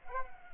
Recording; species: mosquito wingbeat signal from an infrared sensor; Culex pipiens